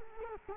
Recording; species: mosquito wingbeat signal from an infrared sensor; Culex quinquefasciatus